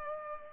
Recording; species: mosquito wingbeat signal from an infrared sensor; Culex pipiens